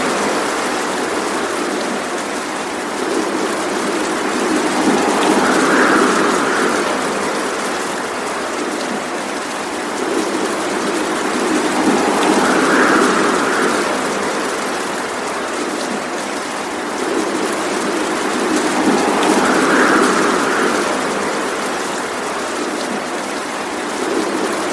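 Rain patters steadily in a dense, even hiss of countless small drops. The sound swells gently and fades back in slow waves about every seven seconds, a soft mid-pitched rush rising over the constant patter with no sharp events.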